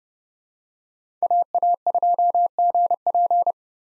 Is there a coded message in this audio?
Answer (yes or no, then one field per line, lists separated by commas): yes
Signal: Morse code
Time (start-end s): 1.2-3.5 s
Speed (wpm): 30 wpm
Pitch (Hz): 700 Hz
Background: none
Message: AA2GP